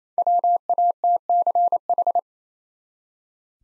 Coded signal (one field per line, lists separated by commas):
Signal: Morse code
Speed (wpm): 27 wpm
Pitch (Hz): 700 Hz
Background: none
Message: WATCH